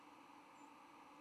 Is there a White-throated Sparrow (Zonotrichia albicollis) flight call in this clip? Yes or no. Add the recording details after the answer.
yes. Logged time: 05:53 on 10 November 2014